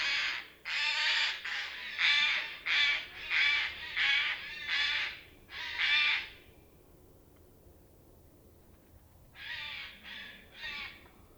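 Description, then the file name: Eurasian jay screeching harshly, a quick series of rough, noisy calls, then a few seconds of quiet before three more rasping calls. "Garrulus glandarius"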